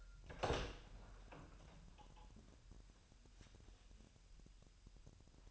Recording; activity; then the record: daily activity, microphone in the room; open door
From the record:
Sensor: 2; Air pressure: 1001.1 hPa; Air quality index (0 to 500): 249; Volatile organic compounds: 93 ppm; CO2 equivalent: 3708 ppm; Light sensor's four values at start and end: 9/23/9/9 and 9/21/8/8